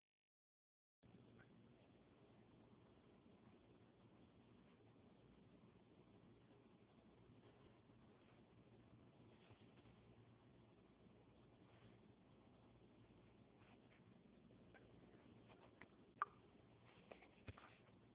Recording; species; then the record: mosquito flight sound by mobile phone; Anopheles gambiae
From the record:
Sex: male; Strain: Kisumu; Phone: Huawei 866C